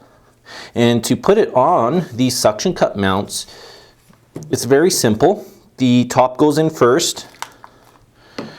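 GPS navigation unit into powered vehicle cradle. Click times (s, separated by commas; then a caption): 7.4 s. A Garmin nuvi 2797LMT GPS navigation unit is fitted into its powered plastic cradle on a suction cup mount, top first and then the bottom pushed in, while someone talks. The bottom clicks into place with a sharp click at 7.4 s, followed by a few fainter clicks as the unit settles.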